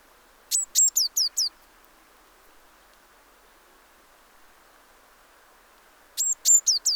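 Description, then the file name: Eurasian blue tit calling: brief phrases of sharp high notes and falling hooked notes, two bursts separated by a long pause, over quiet hiss. "Cyanistes caeruleus"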